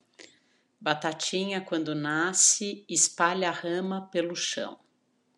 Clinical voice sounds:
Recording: short text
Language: Brazilian Portuguese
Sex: female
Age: 50 to 59 years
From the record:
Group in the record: control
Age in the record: 54 years

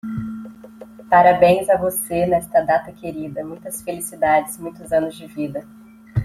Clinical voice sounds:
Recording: short text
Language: Brazilian Portuguese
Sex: female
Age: 30 to 39 years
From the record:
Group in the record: control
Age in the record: 35 years

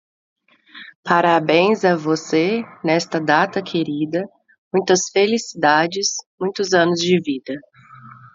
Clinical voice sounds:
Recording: short text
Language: Brazilian Portuguese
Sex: female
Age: 30 to 39 years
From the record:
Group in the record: control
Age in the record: 36 years

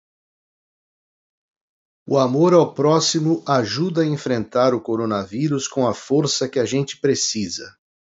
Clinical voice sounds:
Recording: spoken sentence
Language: Brazilian Portuguese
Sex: male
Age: 60 to 69 years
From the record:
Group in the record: control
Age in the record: 61 years

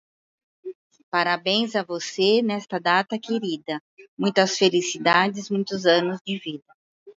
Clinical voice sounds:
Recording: short text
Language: Brazilian Portuguese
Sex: female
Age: 60 to 69 years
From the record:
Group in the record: control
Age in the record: 63 years

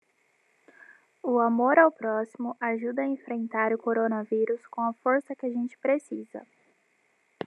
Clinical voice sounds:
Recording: spoken sentence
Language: Brazilian Portuguese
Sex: female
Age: 20 to 29 years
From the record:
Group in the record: control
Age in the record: 22 years

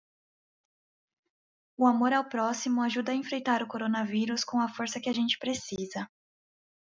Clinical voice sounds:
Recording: spoken sentence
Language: Brazilian Portuguese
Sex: female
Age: 30 to 39 years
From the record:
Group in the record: control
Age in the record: 30 years

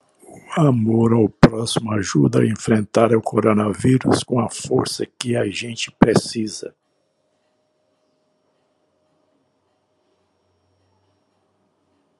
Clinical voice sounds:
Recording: spoken sentence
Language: Brazilian Portuguese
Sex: male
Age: 80 to 89 years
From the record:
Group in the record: control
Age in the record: 83 years

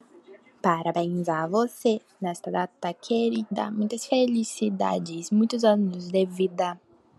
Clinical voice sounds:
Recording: short text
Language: Brazilian Portuguese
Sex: female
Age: 20 to 29 years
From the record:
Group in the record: control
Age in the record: 22 years

